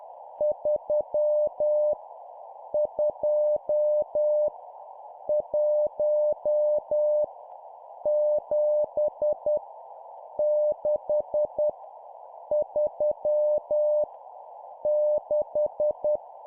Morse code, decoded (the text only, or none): 3 2 1 7 6 3 6